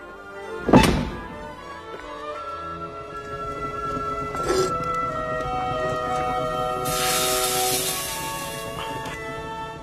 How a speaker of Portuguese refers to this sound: Legal, uma porta secreta.